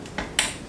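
A plastic 6-pin PCI Express power plug is pushed into the power socket of an ASUS Radeon HD 7850 graphics card. A faint tap comes at 0.2 s, then a sharp, bright click at 0.4 s as the connector clips in. It is fully seated so it won't stick out and cause a short.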